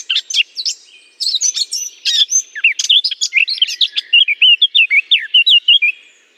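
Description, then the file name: Eurasian blackcap song: a scratchy, chattering warble that turns into a run of clear, fluty whistled notes near the end, with a brief pause after the opening. Singing in holly. "chant de fauvette a tete noire dans houx"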